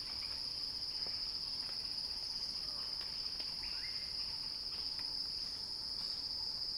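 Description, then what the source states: Cicada song, a steady shrill high-pitched drone held throughout without a break, with a few faint short chirps and whistles from other animals underneath. Cicada song building in a crescendo.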